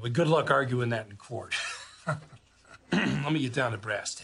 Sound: laughter

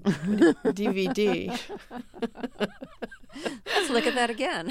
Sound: laughter

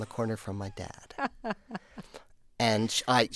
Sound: soundbite of laughter

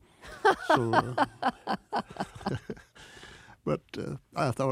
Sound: soundbite of laughter

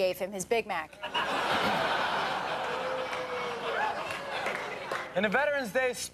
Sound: soundbite of laughter

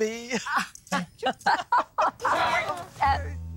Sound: laughter

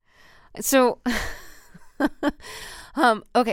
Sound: laughter

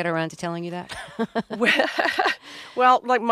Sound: laughter

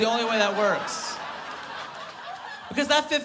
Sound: laughter

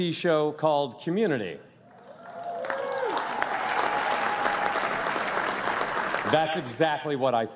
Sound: applause

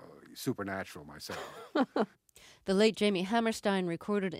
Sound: soundbite of laughter

